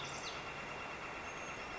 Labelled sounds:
Northern Flicker
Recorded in Sonoma County, California

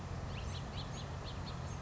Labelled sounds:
House Finch
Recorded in Sonoma County, California

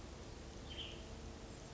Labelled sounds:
Western Tanager
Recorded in Sonoma County, California

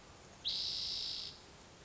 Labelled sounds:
Spotted Towhee
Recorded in Sonoma County, California

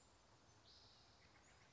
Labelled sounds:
Spotted Towhee
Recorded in Sonoma County, California

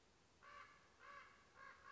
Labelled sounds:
Common Raven
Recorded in Sonoma County, California

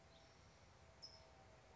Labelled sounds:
California Towhee
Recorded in Sonoma County, California

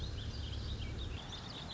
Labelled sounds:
Warbling Vireo
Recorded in Sonoma County, California

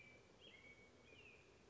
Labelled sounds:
American Robin
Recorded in Sonoma County, California

